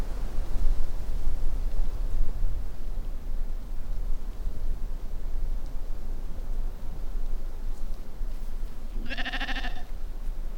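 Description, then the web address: Sheep giving one wavering bleat near the end after a long stretch of low, gusty background rumble. "Scott Sherk Phonography Compendium 1 Scott Sherk - Sheep"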